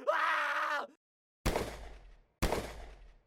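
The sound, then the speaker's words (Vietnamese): A security guard in a cargo ship's hold lets out a strained, agonized scream lasting under a second as he falls from a height to the floor, then breaks off; two heavy crashing impacts follow about a second apart, each trailing off with a rumbling decay. “Một tiếng hét thê thảm vang lên trong khoang thuyền của tàu hàng.”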